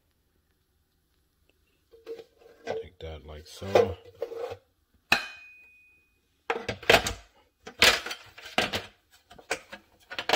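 Someone talks while handling the protective plastic cover of a SodaStream Fizzi sparkling water maker, after the CO2 cylinder has been tightened, with a series of sharp plastic knocks and taps between sudden louder hits. The clip ends before the cover goes down onto the maker body, so nothing has seated or clicked yet.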